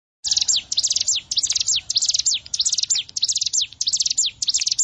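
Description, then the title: Prinia song: high, bright descending chirps in rapid clusters, starting abruptly and continuing in steady bursts. "Ciblek Sawah"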